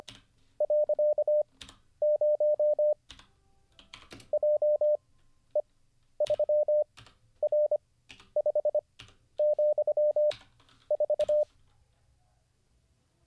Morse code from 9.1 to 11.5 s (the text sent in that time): , 4